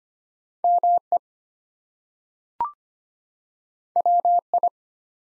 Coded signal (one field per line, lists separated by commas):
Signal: Morse code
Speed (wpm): 25 wpm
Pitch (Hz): 700 Hz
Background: none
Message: ME WI